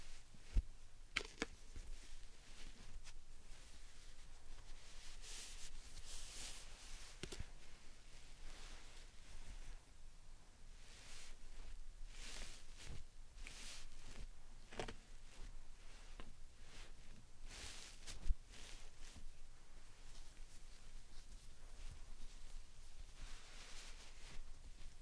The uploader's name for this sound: Slime Sand Triggers